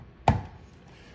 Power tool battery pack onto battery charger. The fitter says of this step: to make sure that you hear it click and that light comes on towards charging